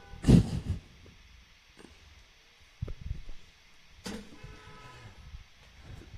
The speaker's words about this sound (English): Do you see all the horns honking out there? I don't know what's going on.